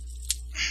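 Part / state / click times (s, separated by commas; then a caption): plastic waist panel clip into model kit body / seated / 0.3 s. On a 1/100 scale MG Gundam Unicorn plastic model kit, the extended waist panel is pulled along the body until its clip snaps into place on the plastic with a sharp, bright click at 0.3 s. A steady low hum runs underneath, and a soft hiss rises near the end. The panel is seated.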